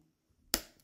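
The second clip of a plastic keycap on a MacBook Pro M2/M3 laptop keyboard's scissor mechanism releases with a single sharp, bright click at 0.5 s after near silence. The click decays quickly, followed by a faint tick near 0.8 s, leaving the second clip free.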